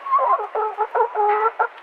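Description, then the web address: Chicken clucking: a quick run of short nasal, harmonic notes in uneven bursts, some drawn out slightly, over a quiet background. "musicradar outdoor-samples Birds"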